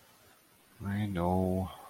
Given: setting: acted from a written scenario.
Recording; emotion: vocal sound without words; guilt